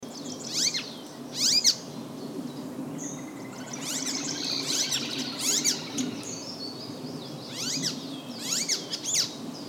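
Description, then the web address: Bird calls: sharp, high chirps and rapid twittering notes come in scattered bursts over a steady low hum throughout. "ptaki glosy"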